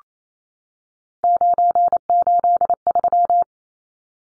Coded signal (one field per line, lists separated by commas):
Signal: Morse code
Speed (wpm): 28 wpm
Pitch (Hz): 700 Hz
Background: none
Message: 983